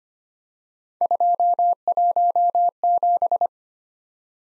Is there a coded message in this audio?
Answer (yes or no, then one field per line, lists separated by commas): yes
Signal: Morse code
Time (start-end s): 1.0-3.5 s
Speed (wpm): 28 wpm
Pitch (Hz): 700 Hz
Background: none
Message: 217